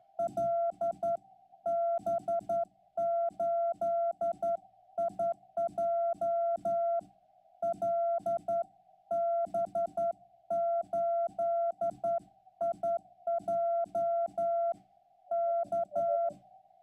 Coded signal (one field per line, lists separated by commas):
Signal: Morse code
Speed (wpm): 11 wpm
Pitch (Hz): 680 Hz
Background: none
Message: LB8IJ LB8IJ K